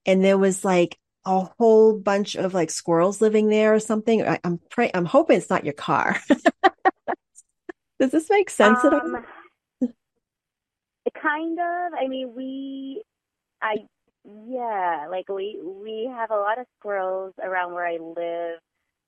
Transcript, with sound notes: and there was, like, a whole bunch of, like, squirrels living there or something? Or, I'm pray- I'm hoping it's not your car. (laughs) Does this make sense at all?
Um, kind of. I mean, we, I, yeah. Like, we- we have a lot of squirrels around where I live.